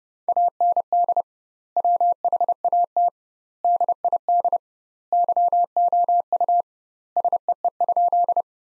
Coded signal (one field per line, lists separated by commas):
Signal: Morse code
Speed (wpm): 32 wpm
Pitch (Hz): 700 Hz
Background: none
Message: AND WHAT DID YOU SEE?